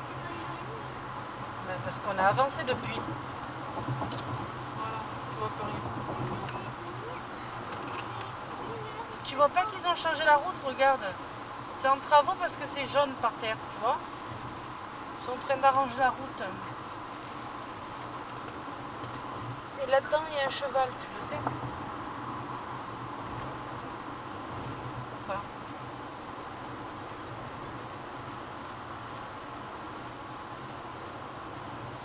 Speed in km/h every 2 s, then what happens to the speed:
97, 95, 93, 90, 82, 83, 81, 81, 81, 82, 84, 84, 84, 85, 87, 89.
0-8 slows to 82. 8-32 steady at about 83.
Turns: none.